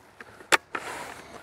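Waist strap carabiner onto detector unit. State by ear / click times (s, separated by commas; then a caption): seated / 0.5 s. A waist strap carabiner is clicked onto the detector unit of an OKM eXp 5500 Pro and seats, with a sharp, bright metallic click at 0.5 s. A faint tick comes before it, and a softer knock at about 0.8 s leads into a lingering broadband rustle.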